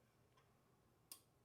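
A declumper is pushed back into the chute of a Mazzer Major V Electronic coffee grinder and clicks into place at 1.1 s, a sharp, bright tick that stands out from the quiet background after a fainter tick near 0.4 s. The click means the declumper is seated and the grinder is back and working.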